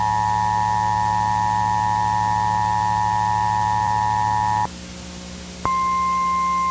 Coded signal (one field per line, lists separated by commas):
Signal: Emergency Alert System (SAME) tones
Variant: 853 and 960 Hz attention tone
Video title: EAS Scenario - Red Giant Sun